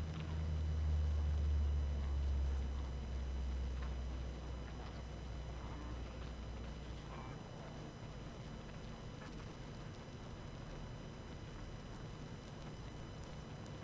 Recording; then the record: honeybee colony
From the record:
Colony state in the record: active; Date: 12 June 2018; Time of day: 19:05